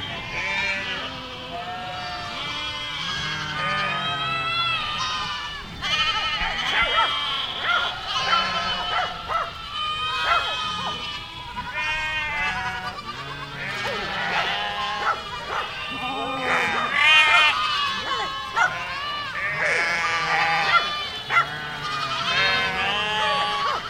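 Cows moo in a crowded chorus, many calls overlapping with no real pause across the whole stretch. The voices are fairly high and wavering, almost bleat-like, rising and falling in pitch, and the overall loudness stays steady with small swells around the middle and later on.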